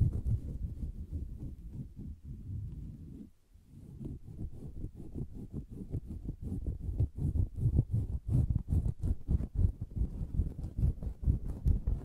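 Soft tapping and scratching on a fabric surface, muffled and low, with a dull rubbing bed through the first three seconds and a brief pause near 3.4 seconds. After that, quick taps come in a dense, uneven stream that grows louder and busier toward the end.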